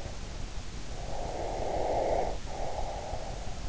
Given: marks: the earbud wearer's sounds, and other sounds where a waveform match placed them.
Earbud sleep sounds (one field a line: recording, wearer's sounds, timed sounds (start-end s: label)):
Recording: sounds in sleep by an in-ear microphone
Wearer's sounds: breath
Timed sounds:
0.86-3.56 s: breath